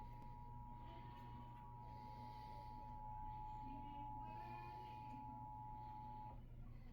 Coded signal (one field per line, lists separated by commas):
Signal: Emergency Alert System (SAME) tones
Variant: 853 and 960 Hz attention tone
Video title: eas #22 severe thunderstorm warning